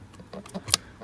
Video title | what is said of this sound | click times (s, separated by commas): F-150 Airbag Clockspring replacement | push click into place that | 0.7 s